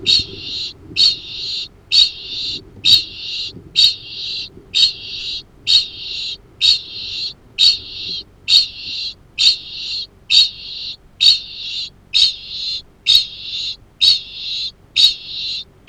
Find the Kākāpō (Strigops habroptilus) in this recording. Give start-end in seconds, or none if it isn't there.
0.00-15.88